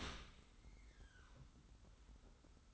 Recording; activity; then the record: daily activity, microphone in the room; open dishwasher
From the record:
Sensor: 3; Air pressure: 991.3 hPa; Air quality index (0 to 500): 136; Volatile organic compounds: 243 ppm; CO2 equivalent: 4342 ppm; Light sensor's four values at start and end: 53/143/58/52 and 53/143/58/52